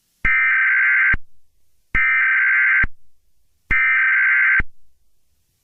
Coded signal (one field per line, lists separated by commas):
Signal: Emergency Alert System (SAME) tones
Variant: header bursts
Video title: EAS Scenario 12: Barney error the traitor!!